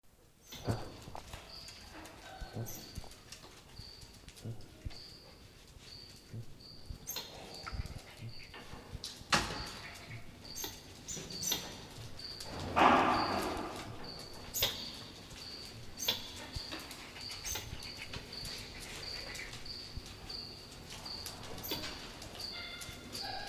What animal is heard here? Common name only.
White-nosed Coati